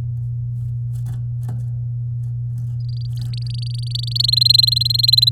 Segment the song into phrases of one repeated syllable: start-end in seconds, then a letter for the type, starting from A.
2.80-4.26 A, 4.28-5.29 B